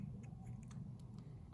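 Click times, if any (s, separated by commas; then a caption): none. The metal battery hold-down bracket in a Casio G-Shock GST210 watch module 5475 is being handled as it is pushed down over the coin cell so its locking tab can engage. A steady low hum runs throughout, with faint, light handling ticks scattered across the clip. Nothing has seated or clicked yet.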